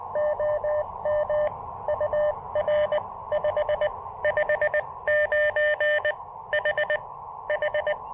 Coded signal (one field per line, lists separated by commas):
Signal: Morse code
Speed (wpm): 20 wpm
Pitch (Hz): 590 Hz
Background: none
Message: OM UR 559 HH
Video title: POTA Activation: New N0SA portable paddles & the Elecraft AX1 shows off. Again.